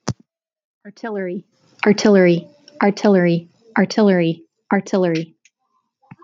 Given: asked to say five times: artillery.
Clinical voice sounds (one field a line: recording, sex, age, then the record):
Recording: repeated word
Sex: female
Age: 30 to 39 years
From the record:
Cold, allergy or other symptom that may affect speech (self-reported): no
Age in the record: 36 years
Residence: Texas, United States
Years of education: 16